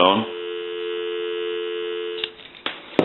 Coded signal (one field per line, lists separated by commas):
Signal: telephone call progress tone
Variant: North America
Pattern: dial tone